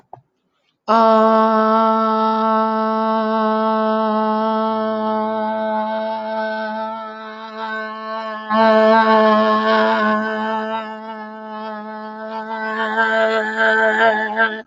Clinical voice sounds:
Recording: vowel held as long as possible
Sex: female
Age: 40 to 49 years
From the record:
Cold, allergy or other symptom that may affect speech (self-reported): no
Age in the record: 44 years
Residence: Colorado, United States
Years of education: 13

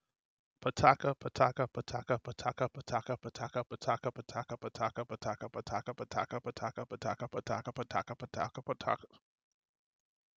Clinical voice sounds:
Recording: repeated syllables /pa ta ka/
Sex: male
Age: 30 to 39 years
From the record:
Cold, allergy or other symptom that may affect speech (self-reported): no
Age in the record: 39 years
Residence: New York, United States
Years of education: 14

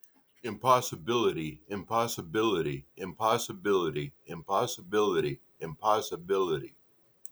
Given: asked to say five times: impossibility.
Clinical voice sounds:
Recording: repeated word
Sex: male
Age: 30 to 39 years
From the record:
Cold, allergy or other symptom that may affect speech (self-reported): no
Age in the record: 37 years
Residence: United States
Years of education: 18

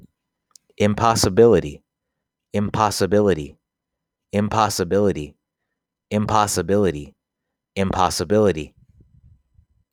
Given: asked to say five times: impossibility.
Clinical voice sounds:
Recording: repeated word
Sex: male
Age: 30 to 39 years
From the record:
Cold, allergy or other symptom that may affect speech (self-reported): no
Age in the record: 31 years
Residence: Texas, United States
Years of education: 16

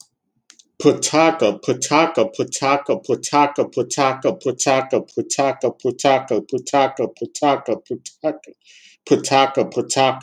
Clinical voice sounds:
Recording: repeated syllables /pa ta ka/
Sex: male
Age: 40 to 49 years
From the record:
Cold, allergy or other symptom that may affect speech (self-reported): no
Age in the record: 44 years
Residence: Alabama, United States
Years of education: 18

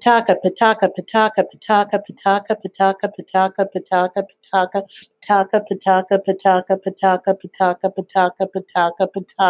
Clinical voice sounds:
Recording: repeated syllables /pa ta ka/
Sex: female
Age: 50 to 59 years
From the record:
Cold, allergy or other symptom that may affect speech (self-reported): no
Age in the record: 51 years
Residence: Arkansas, United States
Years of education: 2

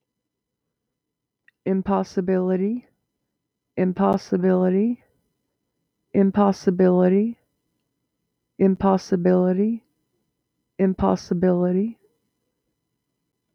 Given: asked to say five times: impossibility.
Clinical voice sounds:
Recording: repeated word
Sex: female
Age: 40 to 49 years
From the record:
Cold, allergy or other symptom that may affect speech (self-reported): no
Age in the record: 46 years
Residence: Virginia, United States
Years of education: 12

